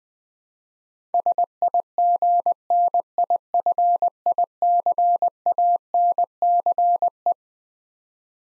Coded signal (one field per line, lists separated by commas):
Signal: Morse code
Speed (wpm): 20 wpm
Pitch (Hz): 700 Hz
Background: none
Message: SIGNIFICANCE